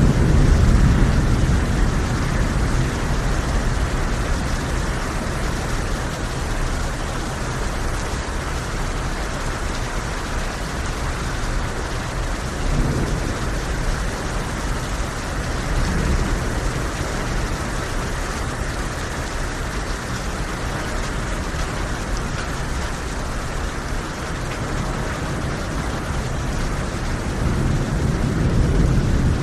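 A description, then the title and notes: Rain falls in a steady, dense hiss throughout, with a low rumble underneath that swells slightly near the start and end. Serene Rain Sounds.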